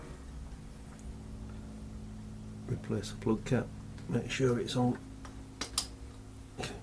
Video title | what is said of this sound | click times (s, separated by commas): DIY Harley Road King Spark Plug Replacement - Save Money at the Dealership | feel it clicking there nicely | 5.6 s, 5.8 s